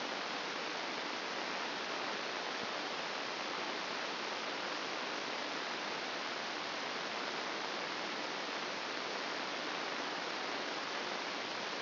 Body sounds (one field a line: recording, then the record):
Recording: brain microelectrode recording played as sound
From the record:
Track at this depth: inside the subthalamic nucleus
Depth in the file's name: 3.566 mm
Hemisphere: left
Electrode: 2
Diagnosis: Parkinson's disease